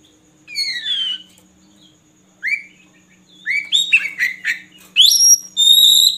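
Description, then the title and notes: Oriental magpie-robin song with scattered downslurred and upslurred whistles, then a busier series of short notes ending in sustained pure whistles. Long-duration filler (isian) song recording for training magpie-robins to sing actively (gacor) day and night. "Kacer Jadi Gacor Siang Malam. Isian Kacer Durasi Panjang"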